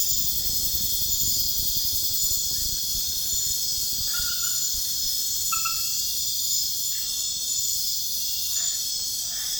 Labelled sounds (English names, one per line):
none